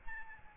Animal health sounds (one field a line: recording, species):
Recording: mosquito wingbeat signal from an infrared sensor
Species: Aedes albopictus